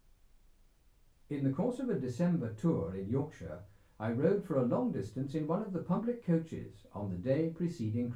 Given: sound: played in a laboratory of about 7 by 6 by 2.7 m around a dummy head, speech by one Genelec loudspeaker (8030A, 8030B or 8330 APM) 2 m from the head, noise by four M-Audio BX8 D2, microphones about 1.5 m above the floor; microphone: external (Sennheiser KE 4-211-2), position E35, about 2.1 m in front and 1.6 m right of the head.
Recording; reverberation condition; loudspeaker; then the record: male speech in English; low; 60 degrees to the right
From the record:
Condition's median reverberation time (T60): about 310 ms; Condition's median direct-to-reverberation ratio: about 3.5 dB